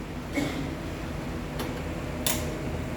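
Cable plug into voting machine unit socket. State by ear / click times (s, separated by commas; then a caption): seated / 2.3 s. An interconnecting cable plug is placed into its socket on an electronic voting machine unit during poll-staff training, with no pressing needed. Faint ticks come at about 0.4 s and 1.6 s over a steady low hum. A sharp click at 2.3 s marks the plug seating in the socket.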